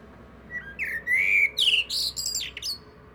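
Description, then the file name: Common blackbird, one short song phrase: a smooth fluted whistle rising slightly, then a few shrill scratchy notes. "Turdus merula"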